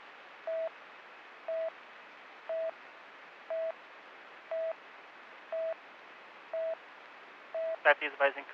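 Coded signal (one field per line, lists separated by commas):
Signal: none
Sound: radio talk-permit beeps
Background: speech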